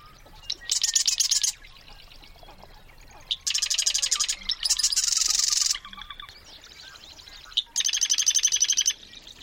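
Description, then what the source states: Marsh wren song: repeated harsh, gurgling, rattling trills, each about a second long, separated by gaps of up to two seconds filled with faint chatter and slurred whistles. Perched atop a cattail in a North Dakota wetland.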